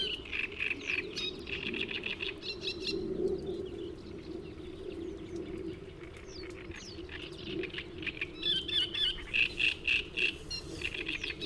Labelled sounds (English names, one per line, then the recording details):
Great Reed Warbler song
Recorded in the wild
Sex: male
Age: adult
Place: Hobrechtsfelder Rieselfelder, Naturpark Barnim, Brandenburg, DE
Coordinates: 52.6678, 13.4708
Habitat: pond
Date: 2008-05-03
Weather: fair, ca. 15°C, weak south-westerly winds
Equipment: Sound Devices 702, Sennheiser MKH 70, Windkorb
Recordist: Frommolt, Karl-Heinz